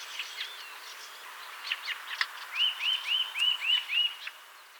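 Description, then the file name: Eurasian nuthatch giving a quick series of six clear, upslurred whistled notes, about four per second, after a few fainter scattered chirps. "Sitta europaea"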